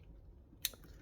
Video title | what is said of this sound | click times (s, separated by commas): MSI GS76 Stealth Loud Fan Cleaning and Applying New Thermal Paste and Compound On CPU and GPU | so you'll hear the click | 0.7 s